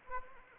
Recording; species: mosquito wingbeat signal from an infrared sensor; Anopheles arabiensis